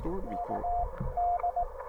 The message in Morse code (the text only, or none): UD